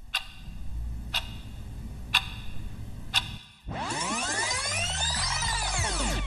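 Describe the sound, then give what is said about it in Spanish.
Watches being synchronized tick in sharp, bright clicks, four of them spaced about a second apart over a low hum, before a dense, swirling electronic drone abruptly takes over. “Sincronicemos relojes ahora.”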